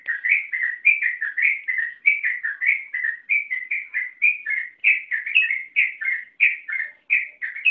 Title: Suara Trucukan